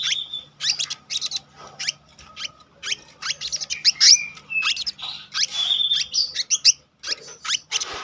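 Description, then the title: Selendang biru song made of varied squeaky whistles, buzzy chirps and short level tones, delivered in quick rolling bursts with a short pause near the end. Continuous rolling song with fill-in phrases, described in Indonesian as gacor ngeroll isian. "BURUNG SELENDANG BIRU GACOR NGEROLL ISIAN"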